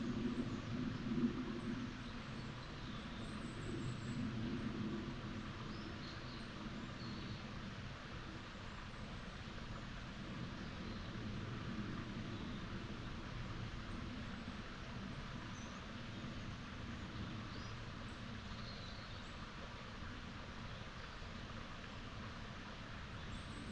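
Upland meadow ambience: a steady, dense low rumble like far-off traffic throughout, with faint high bird chirps scattered here and there.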